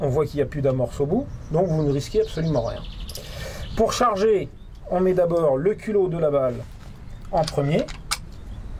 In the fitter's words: appuie avec son pouce droit et là on entend le clic qui fait que la Cour la cartouche est bien enclenchée dans le magasin